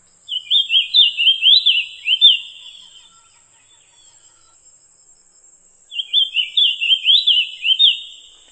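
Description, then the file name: White-eye song: two bright, fast zigzagging warbled phrases of about two seconds each, separated by a pause, over a steady high hiss. Halmahera. "kacamata halmahera"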